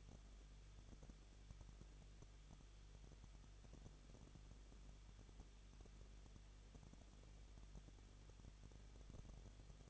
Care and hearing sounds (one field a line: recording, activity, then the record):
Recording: daily activity, microphone in the room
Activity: no activity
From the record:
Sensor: 4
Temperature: 23.0 degrees Celsius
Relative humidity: 34.4%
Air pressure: 1007.3 hPa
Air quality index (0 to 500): 214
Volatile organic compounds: 14 ppm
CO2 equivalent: 2458 ppm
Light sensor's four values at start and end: 2/3/1/1 and 2/3/1/1